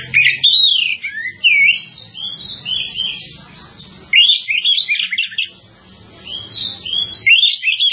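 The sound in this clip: Bird song: rapid varied chirps, trills and whistled slurs in bursts, with brief quieter gaps and a faint low hum beneath.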